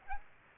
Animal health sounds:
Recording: mosquito wingbeat signal from an infrared sensor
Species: Aedes aegypti

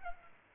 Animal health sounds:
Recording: mosquito wingbeat signal from an infrared sensor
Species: Culex pipiens

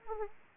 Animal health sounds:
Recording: mosquito wingbeat signal from an infrared sensor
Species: Anopheles arabiensis

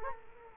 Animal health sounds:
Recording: mosquito wingbeat signal from an infrared sensor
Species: Culex quinquefasciatus

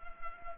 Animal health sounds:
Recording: mosquito wingbeat signal from an infrared sensor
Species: Culex pipiens

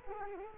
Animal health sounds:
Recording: mosquito wingbeat signal from an infrared sensor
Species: Culex quinquefasciatus

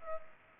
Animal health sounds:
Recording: mosquito wingbeat signal from an infrared sensor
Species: Culex pipiens

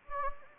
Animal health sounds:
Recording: mosquito wingbeat signal from an infrared sensor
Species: Anopheles gambiae

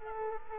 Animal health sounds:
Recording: mosquito wingbeat signal from an infrared sensor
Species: Aedes aegypti

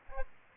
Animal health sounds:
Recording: mosquito wingbeat signal from an infrared sensor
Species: Aedes aegypti

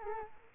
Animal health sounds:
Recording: mosquito wingbeat signal from an infrared sensor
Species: Culex quinquefasciatus

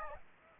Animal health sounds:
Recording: mosquito wingbeat signal from an infrared sensor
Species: Aedes aegypti

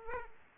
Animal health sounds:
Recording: mosquito wingbeat signal from an infrared sensor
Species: Aedes aegypti

